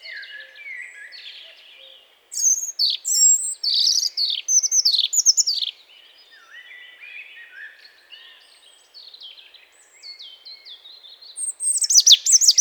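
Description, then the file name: European robin song: soft high warbling gives way to loud, sharp descending notes. Quieter twittering follows, then a burst of very high trilled notes. "Erithacus rubecula"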